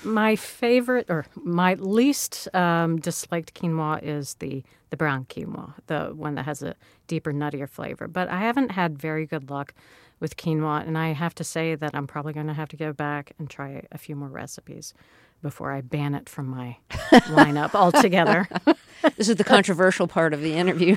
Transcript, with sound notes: My favorite - or least-disliked quinoa is the brown quinoa, the one that has a deeper, nuttier flavor. But I haven't had very good luck with quinoa. And I have to say that I'm probably going to have to go back and try a few more recipes before I ban it from my lineup altogether.
(Laughter) This is the controversial part of the interview.